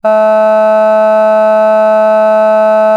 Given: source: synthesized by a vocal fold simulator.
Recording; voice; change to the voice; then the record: sustained vowel; female; vocal strain, level 2 of 10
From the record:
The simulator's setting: 0.11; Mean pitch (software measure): 216 Hz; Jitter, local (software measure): 0.15%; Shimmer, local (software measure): 1.0%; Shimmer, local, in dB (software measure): 0.09 dB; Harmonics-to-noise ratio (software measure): 33.9 dB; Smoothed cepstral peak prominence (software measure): 19.4 dB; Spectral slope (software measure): -23.1 dB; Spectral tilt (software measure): -8.7 dB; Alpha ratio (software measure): -13.6 dB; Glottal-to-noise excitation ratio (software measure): 0.981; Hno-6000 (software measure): 2.4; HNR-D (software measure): 40.2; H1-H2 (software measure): 8.5 dB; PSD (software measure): 1.1e-05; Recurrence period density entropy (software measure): 0.134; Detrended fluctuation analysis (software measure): 0.0160